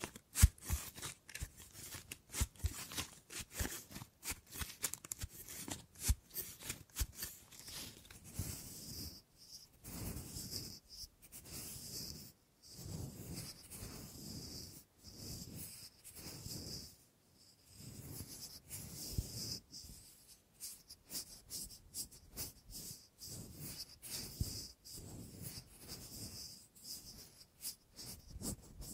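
Wood triggers: quick, irregular taps and clicks on wood run the whole way through, mixed with dry scratching and rubbing strokes. The sharpest, loudest strikes come early, and a thin, steady high hiss sits underneath from about nine seconds on.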